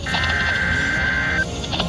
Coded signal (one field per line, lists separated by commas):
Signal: Emergency Alert System (SAME) tones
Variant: header bursts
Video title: Bad Luck IV | EAS Capture 43